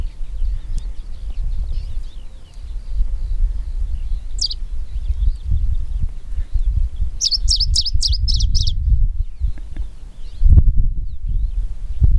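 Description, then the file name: Smoky warbler singing a brief burst of high, clipped notes repeated rapidly for over a second, after a single high note earlier, with constant low rumbling noise. "warbler-smoky -Phylloscopus-fuligiventer"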